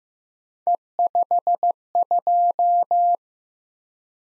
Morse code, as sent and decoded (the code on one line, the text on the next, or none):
. ..... ..---
E52